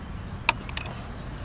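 The retaining clip holding the old high beam bulb in the headlamp housing of a 2019–2020 Kia Sorento is gently pulled away from the bulb, taking care not to break it, during an LED headlight upgrade. A sharp, bright click at 0.5 s marks the clip releasing, followed by two fainter ticks around 0.7 s and 0.8 s over a low background hum. The clip is released from the bulb.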